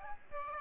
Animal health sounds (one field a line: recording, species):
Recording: mosquito wingbeat signal from an infrared sensor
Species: Aedes aegypti